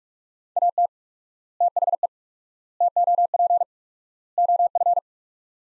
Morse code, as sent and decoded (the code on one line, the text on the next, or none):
.- - / - .... . / - --- .--. / --- ..-.
AT THE TOP OF